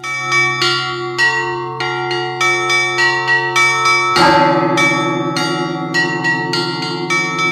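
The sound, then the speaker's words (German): Several bells of the Russian Orthodox monastery Uusi Valamo in Finland, rung by a monk in the bell tower pulling the mechanisms with his hands and feet, ring in a rapid, overlapping pattern, bright high strikes dancing over sustained low tones, with a deeper bell joining midway; loud and without any voices. “Ich sage vielleicht dazu, was man hört, ein Mönch ist da im Glockenturm und der spannt sich irgendwie in so ein Gestell ein und zieht mit Händen und Füßen da diese Mechanismen, um die Glocken in Bewegung zu setzen.”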